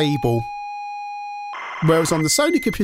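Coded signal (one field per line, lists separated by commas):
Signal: ZX Spectrum tape loading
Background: speech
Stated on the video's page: ZX Spectrum game loading from a new Groov-E tape recorder sold by Tesco.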